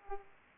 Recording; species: mosquito wingbeat signal from an infrared sensor; Aedes aegypti